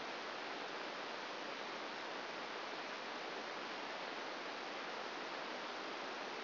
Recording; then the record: brain microelectrode recording played as sound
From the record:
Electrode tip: outside the subthalamic nucleus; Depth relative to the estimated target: 4 mm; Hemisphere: left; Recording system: AlphaMap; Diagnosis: Parkinson's disease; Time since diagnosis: 9 years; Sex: male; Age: 68 years